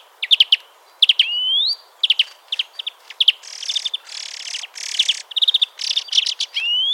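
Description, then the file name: European greenfinch uttering quick chip trills and two long rising wheezes, with a harsh buzzy rattling passage in the middle. "Chloris chloris"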